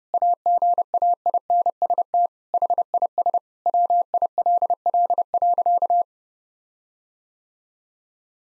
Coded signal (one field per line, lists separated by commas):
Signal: Morse code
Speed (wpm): 32 wpm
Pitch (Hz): 700 Hz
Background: none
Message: AGAINST HIS WILL.